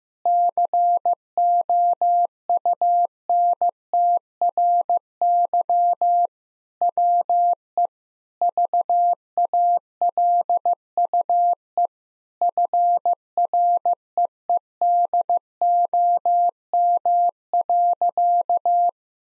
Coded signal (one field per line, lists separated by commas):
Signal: Morse code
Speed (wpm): 15 wpm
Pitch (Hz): 700 Hz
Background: none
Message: COUNTRY WE VALUE FREEDOM.